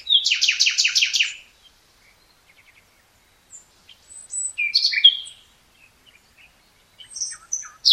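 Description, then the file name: Common nightingale song opening with a fast loud trill of repeated notes, followed by varied whistled and chattering phrases with pauses between. "Luscinia megarhynchos"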